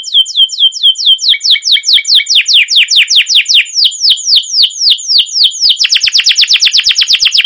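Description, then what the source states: Canary song opening with evenly spaced descending chirps that quicken, ending in a dense fast trill. Canary with a long rolling 'ngerol' gacor song and 'cuit cuit' notes, used as a lure and master song to train or provoke other canaries to sing.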